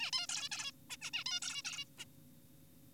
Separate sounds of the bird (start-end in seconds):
0.00-0.11, 0.13-0.27, 0.29-0.49, 0.52-0.72, 0.90-0.97, 1.02-1.11, 1.14-1.24, 1.26-1.40, 1.42-1.62, 1.65-1.85, 1.99-2.05